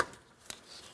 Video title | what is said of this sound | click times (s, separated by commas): How to Replace Ignition Coils 2015-2025 Ford Transit 250 3.7L V6 | Listen for an audible click. | 0.5 s